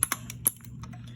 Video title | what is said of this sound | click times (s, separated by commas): How To Install Intel Stock Cooler (1st gen - 13th Gen) | So opposite corners. You should hear a really nice audible click. | 0.0 s, 0.5 s